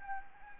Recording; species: mosquito wingbeat signal from an infrared sensor; Anopheles arabiensis